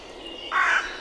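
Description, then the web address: Bird giving a single short, harsh, hoarse call that starts abruptly and fades, over a quiet hiss. "Deverinetal 2025 File origin Bird Only"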